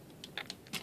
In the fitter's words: kind of carefully there we go just snaps right in